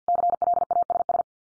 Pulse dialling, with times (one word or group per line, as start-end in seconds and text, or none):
none